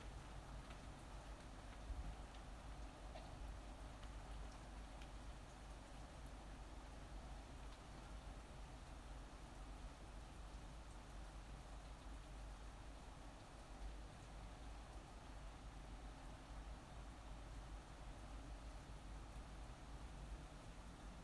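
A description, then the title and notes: Steady rain heard from indoors, a dense, even wash with a low rumbling undertone and no distinct drops or changes throughout. Rain outside my window, 23:18.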